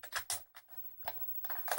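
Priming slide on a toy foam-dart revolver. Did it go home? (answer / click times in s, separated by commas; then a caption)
no / none. The plastic priming slide of a toy foam-dart revolver is handled and drawn back, making a string of short plastic rattles and ticks, sharpest near 0.3 s, 1.1 s and 1.7–1.8 s. The clip ends before the slide catches, so nothing has seated or clicked yet.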